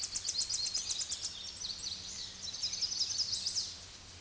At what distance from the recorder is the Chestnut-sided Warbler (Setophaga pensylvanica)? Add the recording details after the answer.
about 20 m. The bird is about level with the microphone. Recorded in a Pennsylvania forest on 16 May 2024 at 06:30. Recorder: AudioMoth, point MSD-0665. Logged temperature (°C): 16.1 °C. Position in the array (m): 79 m, 68 m